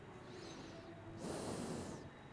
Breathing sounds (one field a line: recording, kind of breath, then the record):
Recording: one breath in and out by a microphone near the nose and mouth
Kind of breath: normal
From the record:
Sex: male